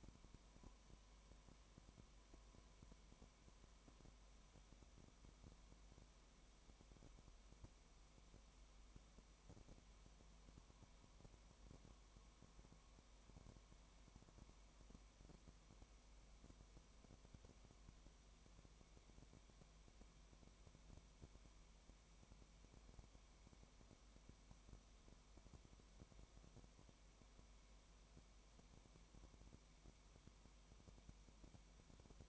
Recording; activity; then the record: daily activity, microphone in the room; no activity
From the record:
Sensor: 1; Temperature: 19.0 degrees Celsius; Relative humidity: 34.1%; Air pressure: 1001.3 hPa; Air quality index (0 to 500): 81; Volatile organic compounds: 1 ppm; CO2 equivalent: 815 ppm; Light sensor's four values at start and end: 1/2/1/1 and 1/2/1/1